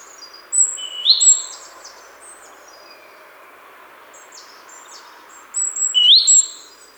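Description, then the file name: Great tit calls: rising slurred notes with very high thin whistles, two bursts separated by a quiet stretch, over a low background hiss. "Parus major"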